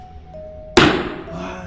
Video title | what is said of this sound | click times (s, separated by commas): اشترينا مشروبات جميع الشخصيات الكرتونية وإيمان تحولت للدعسوقة..!(شوفو إيش صار..) | سمعتوا الطقه طقه عجيبه غريبه | 0.8 s